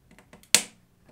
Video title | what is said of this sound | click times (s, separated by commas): How To Change Thumb Stick Caps on PS5 DualSense Edge Controller | and then just press it in downwards so just press it in until you hear a click | 0.5 s